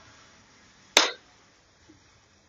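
While assembling an OOTD S10 e-scooter, with the cable tucked away, a snap clip (buckle) is pressed into its mount on the scooter stem/cable cover. A single sharp, loud click at 1.0 s decays quickly, followed by a faint tick near 1.9 s over low background noise. The clip is seated.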